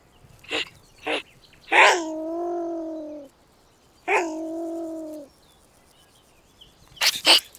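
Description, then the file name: European pine marten calls: a few harsh clicks followed by two level, harmonic whining notes of more than a second each, ending with a burst of clicks. "salamandre martre"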